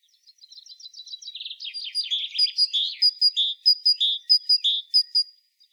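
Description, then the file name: Great tit calls: a quick run of thin high chips, then buzzy notes, then clear notes alternating high and lower, repeated steadily. "Parus major"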